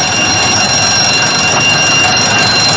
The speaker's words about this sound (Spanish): Pero de repente sonó una llamada de alarma.